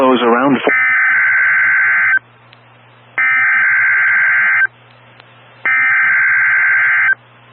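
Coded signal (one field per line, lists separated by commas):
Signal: Emergency Alert System (SAME) tones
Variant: header bursts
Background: speech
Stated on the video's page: Tornado drill aired on NOAA Weather Radio and a broadcast station.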